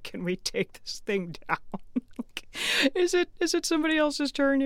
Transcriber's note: laughter